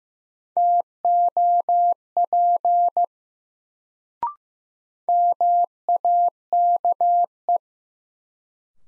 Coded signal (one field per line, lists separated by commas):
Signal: Morse code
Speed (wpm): 15 wpm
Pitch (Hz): 700 Hz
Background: none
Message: TOP MAKE